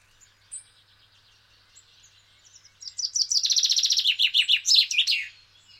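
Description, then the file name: Common chaffinch: a few soft, faint notes, then a loud trill of chirps that falls in pitch and closes with a brief flourish. "Fringilla coelebs"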